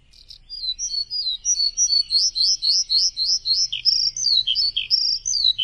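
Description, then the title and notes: Bird song of quick, high, slurred chirps repeated about three per second, forming a lively, unbroken twittering run. Chirping song used to train pet birds. "Suara Burung. Suara Kicauan Burung untuk memaster burung kesayangan"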